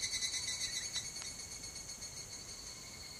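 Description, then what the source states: Higurashi cicada giving a quick throbbing metallic trill, with two brief faint clicks early on. Song referred to as kanakana.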